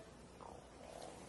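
A faint, low gurgling rumble lasting about a second: ordinary stomach growling from normal gut movement in an adult.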